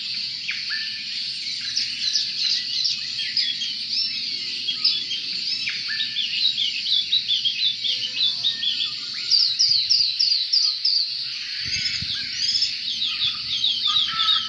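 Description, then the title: Oriental magpie-robin in continuous, lively song: mixed chirps and whistles, then a rapid series of repeated notes, with a low rumbling noise toward the end. "Kicau Kacer"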